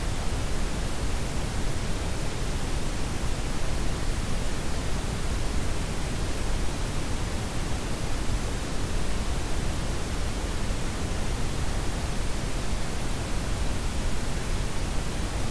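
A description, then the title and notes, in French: Brown-pink noise, a steady hiss that fills the whole range from deep rumble to bright top, weighted toward the low end. Dense and unchanging for the full length, at a constant level with no events, gaps or other sounds. Méditation en bruit brun-rose.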